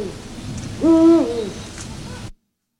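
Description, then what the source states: Eurasian eagle-owl territorial call: a single deep, steady hoot lasting about half a second, over a low background hiss. Male eagle-owls giving a territorial call, sounding somewhat sturdier; played back on radio.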